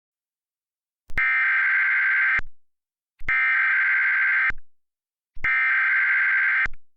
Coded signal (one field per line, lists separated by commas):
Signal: Emergency Alert System (SAME) tones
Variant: header bursts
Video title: Its been a bit - EAS Mock